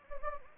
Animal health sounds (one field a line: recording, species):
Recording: mosquito wingbeat signal from an infrared sensor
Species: Anopheles gambiae